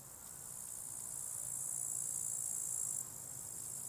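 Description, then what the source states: Cricket chirping, one steady high trill growing louder for three seconds before dropping back, with a low hum beneath. Crickets at a small spot beside a hiking path with wild natural meadows at Lake Wolfgangsee, Strobl, Austria; some traffic audible; recorded with SD702t and MKH8040.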